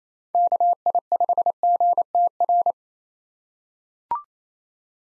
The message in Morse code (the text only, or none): KI5GTR